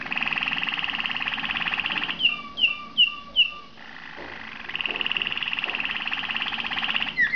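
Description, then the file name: Waterslager canary song: long rapid bubbling trill, then a few clear whistled notes dropping in pitch, a pause, and the trill returning. "malinois waterslager omkicau"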